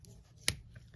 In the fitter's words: the screwdriver locks it locks in place and you look at it and go well how does it lock